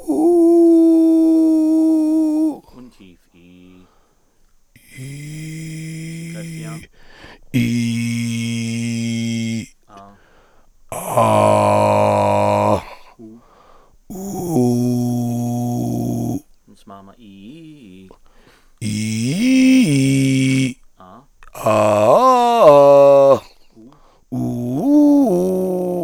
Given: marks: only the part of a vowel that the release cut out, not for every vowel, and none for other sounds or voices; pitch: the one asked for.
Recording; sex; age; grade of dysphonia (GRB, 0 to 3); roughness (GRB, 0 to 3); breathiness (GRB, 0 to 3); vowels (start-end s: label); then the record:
sustained vowels; male; 50 to 59 years; 3; 3; 2
0.68-2.39 s: vowel /u/, high pitch
7.72-9.50 s: vowel /i/, low pitch
11.22-12.63 s: vowel /a/, low pitch
14.35-16.29 s: vowel /u/, low pitch
19.03-20.57 s: vowel /i/, low-high-low pitch
21.68-22.65 s: vowel /a/, low-high-low pitch
24.38-25.84 s: vowel /u/, low-high-low pitch
From the record:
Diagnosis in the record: leukoplakia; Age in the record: 58 years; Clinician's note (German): Verdacht auf Tumor linkes Stimmband, hinteres Drittel; Nikotinabusus